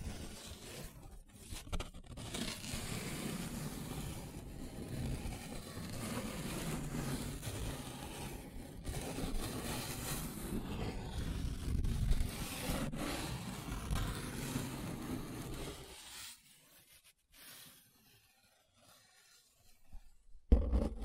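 Paper is rubbed and scratched in a dense, continuous rustling for about sixteen seconds, then falls quiet with a few sparse scrapes.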